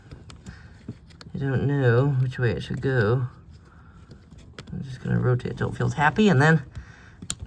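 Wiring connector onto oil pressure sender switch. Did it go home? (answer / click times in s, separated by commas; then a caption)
yes / 7.3 s. An electrical connector is rotated until it lines up and then pushed onto a new oil pressure sender switch on a 1999–2007 Chevy LS 5.3 block while someone talks. Faint ticks and taps come under the speech, and a sharp click at 7.3 s marks the connector latching, so it is seated.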